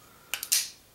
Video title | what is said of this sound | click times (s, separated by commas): SOG SEAL Revolver Knife Review | let's flip it around do it the other way locks | 0.3 s, 0.5 s